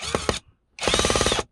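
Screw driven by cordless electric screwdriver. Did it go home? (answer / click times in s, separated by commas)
no / 0.1 s, 0.3 s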